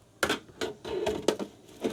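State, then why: Not seated. A second plastic hose fitting is being handled and fitted onto an EcoFlow Wave 3 portable air conditioner for a window vent in a Heritage Glen 310BHI. A series of sharp, ratchety clicks and knocks is heard around 0.2, 0.6, 1.1, 1.3 and 1.8 seconds. Nothing has seated or clicked into place yet.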